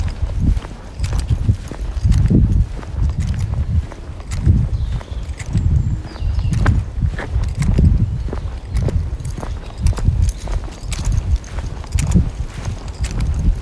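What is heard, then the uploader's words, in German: A walk in the woods with a dog: footsteps thud along at a steady, regular pace, with heavy low rustling and crunching under each step. Sharp little clicks and snaps scatter throughout, and a faint voice may come through briefly. Abends mit dem Hund raus. Eine Stunde Spaziergang im Wald mit Hund.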